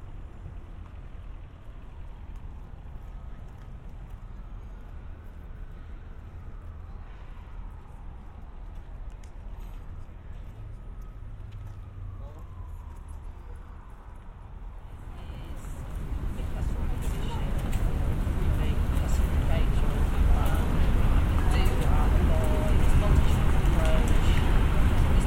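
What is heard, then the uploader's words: A collage of field recordings in two parts. For the first fifteen seconds a quiet, muffled scene holds a low rumble with faint voices and a thin whine drifting up and down. Then a much louder, brighter and denser roar takes over and keeps building to the end. Moving in and out of public spaces. A sound collage of binaural field recordings.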